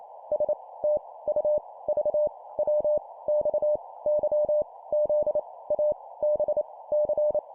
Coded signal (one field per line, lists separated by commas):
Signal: Morse code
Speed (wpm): 28 wpm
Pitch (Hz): 600 Hz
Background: none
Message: S T U V W X Y Z A B C